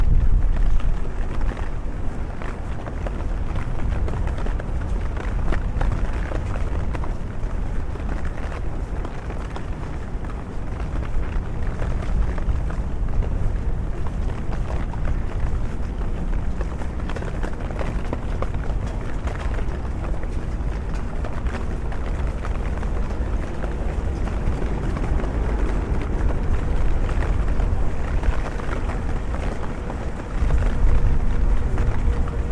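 A walk through London in the rain: a dense, steady wash of low rumble and hiss runs the whole 33 seconds with little change in level. Traffic-like rumble sits underneath, with faint scattered clicks and brief sounds throughout.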